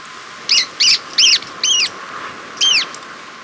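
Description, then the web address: Stout-billed cinclodes giving a series of five harsh, arched notes, four in quick succession and one after a short pause, over steady background hiss. Ecuador. "Birds of Ecuador. Stout-Billed Cinclodes"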